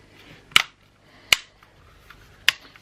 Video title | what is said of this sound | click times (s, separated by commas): Custom Xbox One Controller (Full Disassembly) | sure you hear a bunch of clicks and then you can look around and see if they're not all the way in you'll see a gap right along the edge but | 0.6 s, 1.3 s, 2.5 s